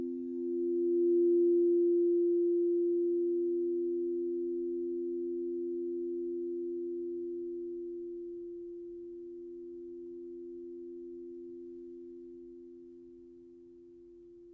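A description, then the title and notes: A crystal singing bowl rings with a pure, steady mid-low tone, two close pitches blending into a gentle slow beating. The sound swells in the first second, then decays very gradually over fifteen seconds, fading softer but never stopping. Nothing else intrudes. In this meditation, I play through the 3 crystal bowls that speak to your muladhara (root), manipura (solar plexus) and anahata (heart) chakras.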